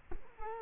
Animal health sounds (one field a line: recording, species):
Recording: mosquito wingbeat signal from an infrared sensor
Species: Culex quinquefasciatus